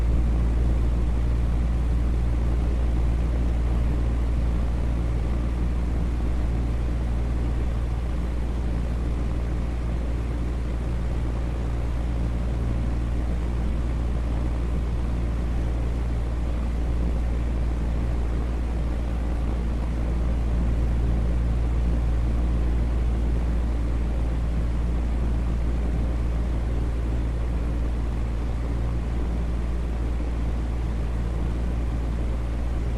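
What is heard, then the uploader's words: An oscillating fan hums without pause, a deep, steady drone with a strong low rumble and a softer airy hiss above it. The level stays even across the whole stretch, with only faint flutter from the moving air and no separate events. Oscillating Fan. The fan hum in the background. That cool breeze that would come and go.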